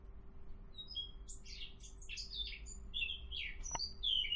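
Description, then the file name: Eurasian blackcap singing, a soft run of varied high warbled notes and quick slurred whistles, building to clearer fluting phrases at the end, over a low steady hum. "Sylvia atricapilla"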